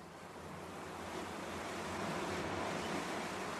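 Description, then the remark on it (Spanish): Ocean waves wash in a continuous hissing roar that swells gently and recedes, with a low rumbling undertone and no voices. “Como las olas vienen y se van, aquí termina un nuevo programa de Aucasungun por Radio Aukinlaf”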